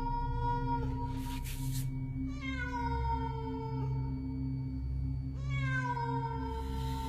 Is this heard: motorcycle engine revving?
no